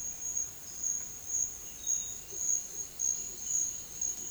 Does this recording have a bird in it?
no